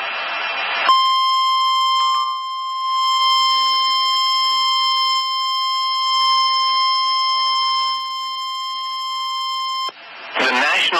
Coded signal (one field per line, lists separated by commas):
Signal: Emergency Alert System (SAME) tones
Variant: 1050 Hz attention tone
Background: speech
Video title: Severe Thunderstorm Warning EAS#24 Tulsa,OK